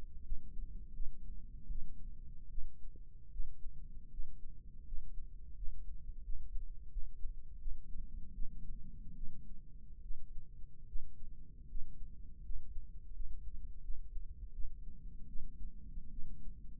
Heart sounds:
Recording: heart sounds by microphone in the left ear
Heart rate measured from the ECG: 79 bpm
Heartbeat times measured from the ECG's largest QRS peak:
0.26 s: heartbeat
0.95 s: heartbeat
1.71 s: heartbeat
2.51 s: heartbeat
3.32 s: heartbeat
4.12 s: heartbeat
4.87 s: heartbeat
5.57 s: heartbeat
6.25 s: heartbeat
6.92 s: heartbeat
7.61 s: heartbeat
8.35 s: heartbeat
9.16 s: heartbeat
10.03 s: heartbeat
10.88 s: heartbeat
11.69 s: heartbeat
12.44 s: heartbeat
13.15 s: heartbeat
13.84 s: heartbeat
14.54 s: heartbeat
15.28 s: heartbeat
16.11 s: heartbeat
From the record:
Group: healthy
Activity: rest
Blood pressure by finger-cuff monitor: 153/63 mmHg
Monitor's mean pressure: 91 mmHg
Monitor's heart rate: 80 bpm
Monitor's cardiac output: 8.3 L/min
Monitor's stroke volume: 109 mL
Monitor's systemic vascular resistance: 790 dyn s/cm5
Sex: female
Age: 37 years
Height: 168 cm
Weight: 70 kg

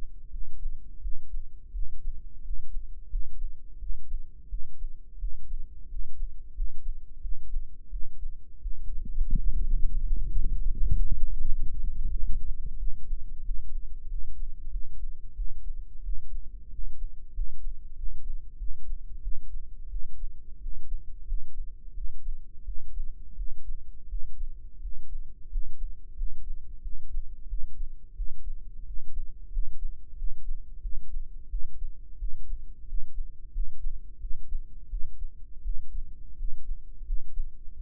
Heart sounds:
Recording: heart sounds by microphone in the right ear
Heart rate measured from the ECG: 88 bpm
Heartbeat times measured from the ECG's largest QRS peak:
0.28 s: heartbeat
1.00 s: heartbeat
1.71 s: heartbeat
2.40 s: heartbeat
3.07 s: heartbeat
3.77 s: heartbeat
4.47 s: heartbeat
5.17 s: heartbeat
5.86 s: heartbeat
6.52 s: heartbeat
7.19 s: heartbeat
7.88 s: heartbeat
8.59 s: heartbeat
9.33 s: heartbeat
10.02 s: heartbeat
10.68 s: heartbeat
11.37 s: heartbeat
12.06 s: heartbeat
12.75 s: heartbeat
13.41 s: heartbeat
14.06 s: heartbeat
14.69 s: heartbeat
15.33 s: heartbeat
16.01 s: heartbeat
16.68 s: heartbeat
17.31 s: heartbeat
17.93 s: heartbeat
18.56 s: heartbeat
19.20 s: heartbeat
19.88 s: heartbeat
20.58 s: heartbeat
21.24 s: heartbeat
21.92 s: heartbeat
22.63 s: heartbeat
23.34 s: heartbeat
24.07 s: heartbeat
24.79 s: heartbeat
25.47 s: heartbeat
26.13 s: heartbeat
26.80 s: heartbeat
27.46 s: heartbeat
28.14 s: heartbeat
28.83 s: heartbeat
29.49 s: heartbeat
30.14 s: heartbeat
30.79 s: heartbeat
31.47 s: heartbeat
32.16 s: heartbeat
32.84 s: heartbeat
33.50 s: heartbeat
34.18 s: heartbeat
34.87 s: heartbeat
35.61 s: heartbeat
36.34 s: heartbeat
37.03 s: heartbeat
37.74 s: heartbeat
From the record:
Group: healthy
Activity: rest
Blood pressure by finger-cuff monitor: 119/82 mmHg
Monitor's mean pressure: 94 mmHg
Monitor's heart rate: 88 bpm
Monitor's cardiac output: 6.5 L/min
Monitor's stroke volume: 74 mL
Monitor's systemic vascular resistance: 1060 dyn s/cm5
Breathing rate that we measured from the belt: 16 breaths a minute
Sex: male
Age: 21 years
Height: 180 cm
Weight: 67.5 kg

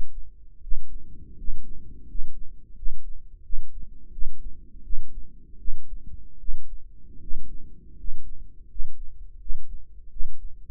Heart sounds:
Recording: heart sounds by microphone in the right ear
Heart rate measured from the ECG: 82 bpm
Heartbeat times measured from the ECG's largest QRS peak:
0.62 s: heartbeat
1.38 s: heartbeat
2.08 s: heartbeat
2.76 s: heartbeat
3.43 s: heartbeat
4.12 s: heartbeat
4.84 s: heartbeat
5.59 s: heartbeat
6.39 s: heartbeat
7.21 s: heartbeat
7.98 s: heartbeat
8.69 s: heartbeat
9.40 s: heartbeat
10.10 s: heartbeat
From the record:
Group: healthy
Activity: rest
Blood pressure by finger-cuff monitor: 117/65 mmHg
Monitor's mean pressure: 77 mmHg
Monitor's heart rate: 80 bpm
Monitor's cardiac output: 7.8 L/min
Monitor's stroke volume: 97 mL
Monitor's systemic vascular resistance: 710 dyn s/cm5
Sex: male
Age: 35 years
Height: 180 cm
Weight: 86.9 kg

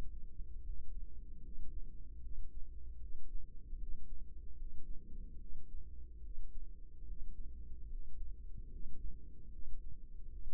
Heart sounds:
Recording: heart sounds by microphone in the right ear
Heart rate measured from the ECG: 74 bpm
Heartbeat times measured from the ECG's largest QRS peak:
0.62 s: heartbeat
1.41 s: heartbeat
2.20 s: heartbeat
2.98 s: heartbeat
3.76 s: heartbeat
4.55 s: heartbeat
5.37 s: heartbeat
6.20 s: heartbeat
7.04 s: heartbeat
7.87 s: heartbeat
8.69 s: heartbeat
9.50 s: heartbeat
10.29 s: heartbeat
From the record:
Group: healthy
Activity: rest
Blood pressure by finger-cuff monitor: 105/77 mmHg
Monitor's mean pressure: 88 mmHg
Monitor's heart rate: 73 bpm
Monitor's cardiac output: 5.5 L/min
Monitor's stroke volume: 74 mL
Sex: female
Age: 32 years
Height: 172 cm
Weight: 71.7 kg

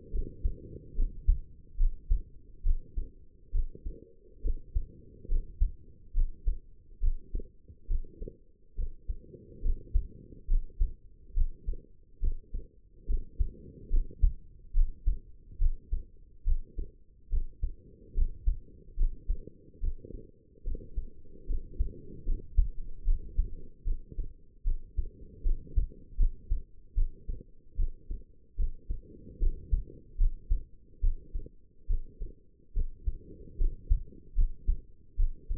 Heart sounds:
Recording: heart sounds by stethoscope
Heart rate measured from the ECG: 72 bpm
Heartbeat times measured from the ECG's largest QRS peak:
0.11 s: heartbeat
0.95 s: heartbeat
1.77 s: heartbeat
2.63 s: heartbeat
3.51 s: heartbeat
4.41 s: heartbeat
5.28 s: heartbeat
6.13 s: heartbeat
7.00 s: heartbeat
7.87 s: heartbeat
8.75 s: heartbeat
9.61 s: heartbeat
10.47 s: heartbeat
11.33 s: heartbeat
12.19 s: heartbeat
13.06 s: heartbeat
13.89 s: heartbeat
14.73 s: heartbeat
15.58 s: heartbeat
16.44 s: heartbeat
17.29 s: heartbeat
18.14 s: heartbeat
18.96 s: heartbeat
19.80 s: heartbeat
20.63 s: heartbeat
21.46 s: heartbeat
22.25 s: heartbeat
23.04 s: heartbeat
23.84 s: heartbeat
24.64 s: heartbeat
25.43 s: heartbeat
26.17 s: heartbeat
26.95 s: heartbeat
27.76 s: heartbeat
28.56 s: heartbeat
29.39 s: heartbeat
30.17 s: heartbeat
31.01 s: heartbeat
31.87 s: heartbeat
32.73 s: heartbeat
33.57 s: heartbeat
34.35 s: heartbeat
35.16 s: heartbeat
From the record:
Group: healthy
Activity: rest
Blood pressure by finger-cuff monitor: 98/64 mmHg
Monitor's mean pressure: 75 mmHg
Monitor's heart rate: 71 bpm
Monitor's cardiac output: 5.3 L/min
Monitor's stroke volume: 76 mL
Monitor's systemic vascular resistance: 1010 dyn s/cm5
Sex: female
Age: 22 years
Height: 160 cm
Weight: 45 kg

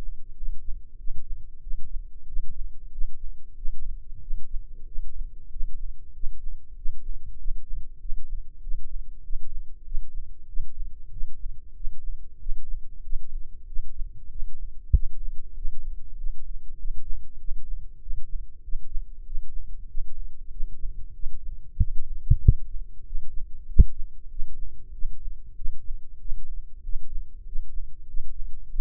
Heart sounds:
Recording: heart sounds by microphone in the right ear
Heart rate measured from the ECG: 95 bpm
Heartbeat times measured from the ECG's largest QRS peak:
0.33 s: heartbeat
0.95 s: heartbeat
1.59 s: heartbeat
2.24 s: heartbeat
2.89 s: heartbeat
3.53 s: heartbeat
4.19 s: heartbeat
4.84 s: heartbeat
5.48 s: heartbeat
6.11 s: heartbeat
6.74 s: heartbeat
7.36 s: heartbeat
7.97 s: heartbeat
8.59 s: heartbeat
9.20 s: heartbeat
9.82 s: heartbeat
10.45 s: heartbeat
11.09 s: heartbeat
11.72 s: heartbeat
12.37 s: heartbeat
13.00 s: heartbeat
13.64 s: heartbeat
14.28 s: heartbeat
14.91 s: heartbeat
15.53 s: heartbeat
16.14 s: heartbeat
16.75 s: heartbeat
17.37 s: heartbeat
17.98 s: heartbeat
18.60 s: heartbeat
19.23 s: heartbeat
19.85 s: heartbeat
20.48 s: heartbeat
21.12 s: heartbeat
21.75 s: heartbeat
22.39 s: heartbeat
23.03 s: heartbeat
23.65 s: heartbeat
24.27 s: heartbeat
24.90 s: heartbeat
25.53 s: heartbeat
26.17 s: heartbeat
26.81 s: heartbeat
27.43 s: heartbeat
28.05 s: heartbeat
28.66 s: heartbeat
From the record:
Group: healthy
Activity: rest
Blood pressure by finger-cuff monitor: 94/65 mmHg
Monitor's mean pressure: 74 mmHg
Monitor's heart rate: 96 bpm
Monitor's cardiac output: 7.6 L/min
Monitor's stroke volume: 80 mL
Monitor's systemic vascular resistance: 700 dyn s/cm5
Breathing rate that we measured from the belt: 17 breaths a minute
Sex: male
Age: 19 years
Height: 178 cm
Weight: 83 kg

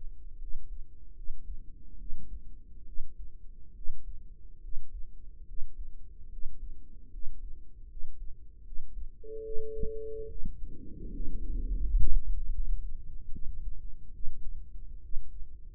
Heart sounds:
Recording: heart sounds by microphone in the right ear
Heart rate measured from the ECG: 74 bpm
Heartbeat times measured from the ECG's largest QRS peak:
0.37 s: heartbeat
1.13 s: heartbeat
1.96 s: heartbeat
2.83 s: heartbeat
3.72 s: heartbeat
4.59 s: heartbeat
5.44 s: heartbeat
6.28 s: heartbeat
7.09 s: heartbeat
7.86 s: heartbeat
8.62 s: heartbeat
9.41 s: heartbeat
10.26 s: heartbeat
11.09 s: heartbeat
11.82 s: heartbeat
12.51 s: heartbeat
13.29 s: heartbeat
14.11 s: heartbeat
15.00 s: heartbeat
From the record:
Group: healthy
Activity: rest 0-12 s, breath hold 12-16 s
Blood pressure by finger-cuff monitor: 113/57 mmHg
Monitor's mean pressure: 72 mmHg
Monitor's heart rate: 73 bpm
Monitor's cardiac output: 6.2 L/min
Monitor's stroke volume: 82 mL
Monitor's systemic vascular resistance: 830 dyn s/cm5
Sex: female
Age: 32 years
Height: 168 cm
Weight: 61.9 kg

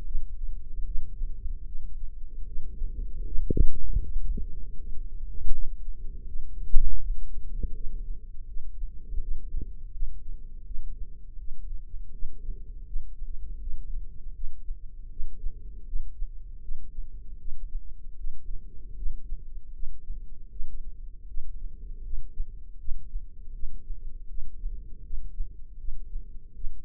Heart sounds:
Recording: heart sounds by microphone in the left ear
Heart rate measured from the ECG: 79 bpm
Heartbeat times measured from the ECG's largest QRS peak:
0.05 s: heartbeat
0.85 s: heartbeat
1.66 s: heartbeat
2.47 s: heartbeat
3.26 s: heartbeat
4.03 s: heartbeat
4.78 s: heartbeat
5.52 s: heartbeat
6.27 s: heartbeat
7.01 s: heartbeat
7.74 s: heartbeat
8.47 s: heartbeat
9.21 s: heartbeat
9.93 s: heartbeat
10.65 s: heartbeat
11.38 s: heartbeat
12.12 s: heartbeat
12.86 s: heartbeat
13.60 s: heartbeat
14.34 s: heartbeat
15.10 s: heartbeat
15.86 s: heartbeat
16.61 s: heartbeat
17.38 s: heartbeat
18.17 s: heartbeat
18.96 s: heartbeat
19.73 s: heartbeat
20.50 s: heartbeat
21.27 s: heartbeat
22.03 s: heartbeat
22.78 s: heartbeat
23.53 s: heartbeat
24.28 s: heartbeat
25.03 s: heartbeat
25.78 s: heartbeat
26.54 s: heartbeat
From the record:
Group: healthy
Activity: rest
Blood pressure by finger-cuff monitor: 103/56 mmHg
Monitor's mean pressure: 71 mmHg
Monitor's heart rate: 80 bpm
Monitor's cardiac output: 6.7 L/min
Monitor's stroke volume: 82 mL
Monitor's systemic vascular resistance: 790 dyn s/cm5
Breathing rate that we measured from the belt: 19 breaths a minute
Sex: female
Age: 43 years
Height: 160 cm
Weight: 90 kg

